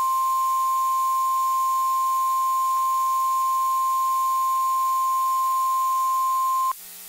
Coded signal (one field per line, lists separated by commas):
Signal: Emergency Alert System (SAME) tones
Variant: 1050 Hz attention tone